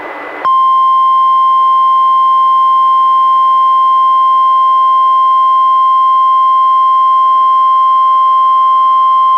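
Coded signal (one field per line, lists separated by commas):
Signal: Emergency Alert System (SAME) tones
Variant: 1050 Hz attention tone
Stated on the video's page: Weekly test issued by the weather service and relayed by a NOAA Weather Radio station, received on a Reecom R-1630 weather radio and recorded with a Zoom H1.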